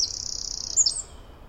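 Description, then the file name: Eurasian wren giving a very high, fast rattling trill that ends with two sharp notes. "Troglodytes troglodytes"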